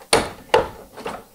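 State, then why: Seated. An LED light pod is pushed into its mounting spot in the plastic front grille of a 2016–2019 Toyota Tacoma and worked in evenly until it is seated. Two sharp snaps are heard at 0.1 s and 0.5 s, followed by a softer, duller sound near 1.0 s.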